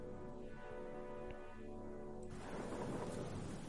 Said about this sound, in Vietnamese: Những giọt mưa bắt đầu rơi. Đầu tiên tiếng mưa rơi nhẹ nhẹ, sau đó là ầm ầm ào ào như thác đổ.